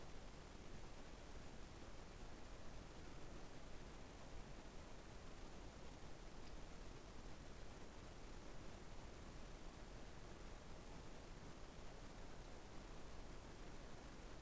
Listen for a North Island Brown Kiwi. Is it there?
no